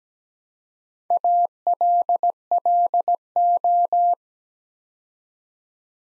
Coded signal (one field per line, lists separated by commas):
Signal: Morse code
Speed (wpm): 17 wpm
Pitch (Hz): 700 Hz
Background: none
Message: ALLO